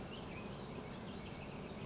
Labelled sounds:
California Towhee (Melozone crissalis)
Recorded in Sonoma County, California

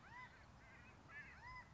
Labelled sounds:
California Quail (Callipepla californica)
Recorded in Sonoma County, California

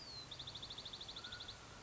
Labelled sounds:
Mountain Quail (Oreortyx pictus)
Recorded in Sonoma County, California

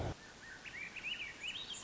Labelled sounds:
Swainson's Thrush (Catharus ustulatus)
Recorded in Sonoma County, California

